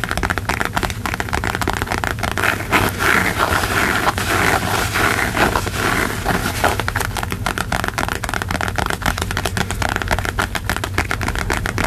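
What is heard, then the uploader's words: Hand tapping and mouth sounds make a dense, unbroken run of quick clicks and crackles that keep going for the whole twelve seconds. A steady low rumble runs underneath, and a brighter hissy wash swells between about three and six seconds. Sounds include Hand Sounds, Tapping, & Mouth Sounds.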